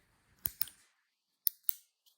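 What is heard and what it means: A new plastic fuel door ejector latch on a 2006–2011 BMW 328i, replaced because the old one no longer clicked and the gas door wouldn't close, is pushed in and latches with sharp clicks. Two quick pairs of sharp snaps are heard, at about 0.5 and 1.5 seconds, each followed by a second click shortly after. The latch is seated.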